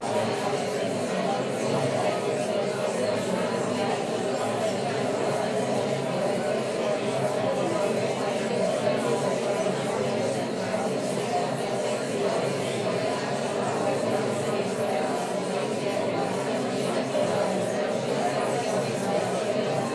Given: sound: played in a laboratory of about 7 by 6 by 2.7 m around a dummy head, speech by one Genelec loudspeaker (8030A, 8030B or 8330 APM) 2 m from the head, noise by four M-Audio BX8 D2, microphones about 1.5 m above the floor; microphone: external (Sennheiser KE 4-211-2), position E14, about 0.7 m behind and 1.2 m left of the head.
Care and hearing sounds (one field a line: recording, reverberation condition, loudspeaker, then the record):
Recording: babble noise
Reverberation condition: medium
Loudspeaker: four, about 170 cm from the corners of the room and facing them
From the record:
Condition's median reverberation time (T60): about 510 ms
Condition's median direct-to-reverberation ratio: about -0.5 dB